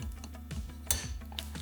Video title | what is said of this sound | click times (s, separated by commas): Re-Building a Bow...🏹 | you hear the snap there we go that's your eclip | 0.9 s